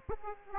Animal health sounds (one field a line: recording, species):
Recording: mosquito wingbeat signal from an infrared sensor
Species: Aedes aegypti